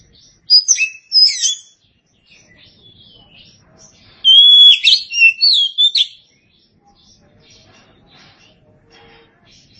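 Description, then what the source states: Oriental magpie-robin song: short sweeping whistled phrases, then a loud rich warbled passage lasting about two seconds, followed by quiet thin notes. Chirping song.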